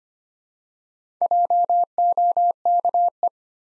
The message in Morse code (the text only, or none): JOKE